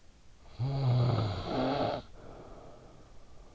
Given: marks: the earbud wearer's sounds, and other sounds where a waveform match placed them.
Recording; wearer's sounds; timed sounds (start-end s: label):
sounds in sleep by an in-ear microphone; snoring breath
0.24-3.55 s: snoring breath